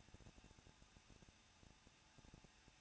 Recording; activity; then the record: daily activity, microphone in the room; no activity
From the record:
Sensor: 2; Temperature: 21.0 degrees Celsius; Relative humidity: 37.5%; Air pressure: 1006.2 hPa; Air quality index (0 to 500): 223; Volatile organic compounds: 25 ppm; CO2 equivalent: 2825 ppm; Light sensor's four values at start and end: 2/3/2/2 and 2/3/2/2